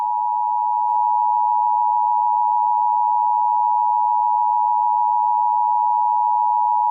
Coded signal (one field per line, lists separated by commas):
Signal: Emergency Alert System (SAME) tones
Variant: 853 and 960 Hz attention tone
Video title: EAS SCENARIO 7| Slenderman